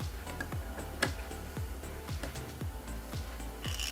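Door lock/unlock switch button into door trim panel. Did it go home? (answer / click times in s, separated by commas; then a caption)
no / none. A tight door lock/unlock switch button from a Mercedes W204 (C200, C250, C260, C280, C300, C350) is being worked into its door trim panel over steady background music, with light handling ticks and brief sharp knocks near 0.4, 1.0, 2.2 and 3.8 seconds. The switch has not seated or clicked into the trim yet.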